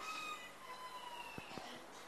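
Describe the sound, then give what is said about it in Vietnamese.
A rooster crows in the middle of a city in one long, drawn-out, high-pitched call with steady tonal harmonics, followed by a couple of brief dull knocks against a faint background hum. “Thầy không ngờ giữa phố thị mà còn có nghe tiếng gà gái.”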